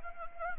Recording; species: mosquito wingbeat signal from an infrared sensor; Anopheles arabiensis